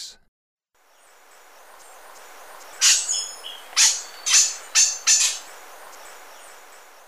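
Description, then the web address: Lineated Foliage-gleaner giving several sharp, harsh, high notes at uneven intervals, with faint hiss in the background. Ecuador. "Birds of Ecuador. Lineated Foliage-gleaner"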